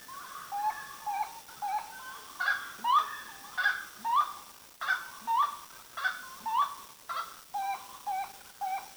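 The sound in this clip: Bird calls: short whistled notes, many rising sharply, repeated in an uneven series.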